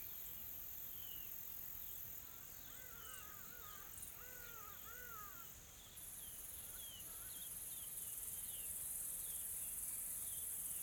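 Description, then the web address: Insects give a steady high hiss throughout, while soft bird chirps and slurred whistles rise and fall in the middle. Soft, calm insect ambience in tropical forest, South Africa. "Sonniss - GDC 2020-Game Audio Bundle Smart Sound FX - Nature South Africa AMBIENCE Additional Tropical Forest Soft Insects Calm"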